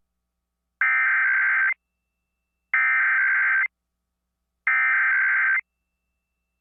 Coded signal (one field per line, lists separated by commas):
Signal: Emergency Alert System (SAME) tones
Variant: header bursts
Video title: Alabama EAS Alert: Required Monthly Test (08/10/3023)